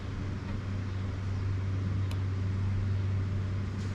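A black wire terminal is pushed into the plastic connector housing of the fuel gauge wiring on a Harley-Davidson flush fuel gauge and cap install, over a steady low hum. After some fiddling, a short, sharp click sounds at 2.1 s as the terminal seats in the connector.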